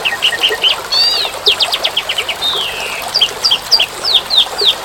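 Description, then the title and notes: Bird singing a busy, varied song of sharp chirps, fast trills and a long descending whistled slur, followed by a run of quick sharp notes. Bird chirping, used for training pet birds to sing. "Suara Burung. Suara Kicauan Burung untuk memaster burung kesayangan"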